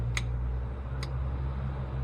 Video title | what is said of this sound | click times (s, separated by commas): Scout 80 Warn Hub Re install | listen for the snap so sometimes doesn't hurt just to make sure | 0.2 s